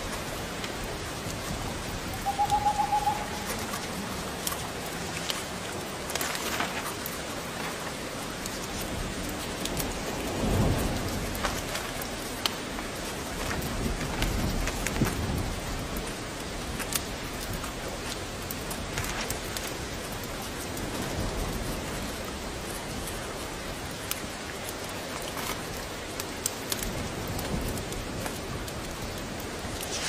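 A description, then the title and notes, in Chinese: A fire burns on a rainy day, with a steady, dense hiss of rain running throughout. Scattered sharp crackles and pops sound at irregular moments, and soft low rumbles swell up around the ten, fifteen and twenty-second marks before fading back. 雨天烤火声丨白噪音。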